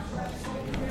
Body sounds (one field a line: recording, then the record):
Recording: background sound without coughing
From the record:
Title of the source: 60 minutes of coffee shop sounds for study and concentration